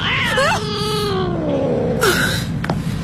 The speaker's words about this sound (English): Okay? It's just a cat. Nothing to worry about.